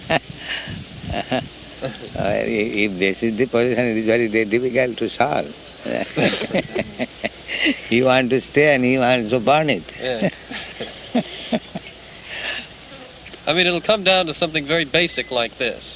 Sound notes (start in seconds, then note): 5.6 laughing; 9.8 laughing